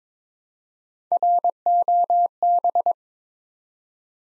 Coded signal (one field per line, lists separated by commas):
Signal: Morse code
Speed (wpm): 23 wpm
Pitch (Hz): 700 Hz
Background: none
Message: ROB